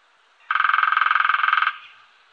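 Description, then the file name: Lesser spotted woodpecker drumming: one fast, even rattle of about twenty rapid taps lasting just over a second, with a faint softer echo trailing off afterward. "Mindre hackspett"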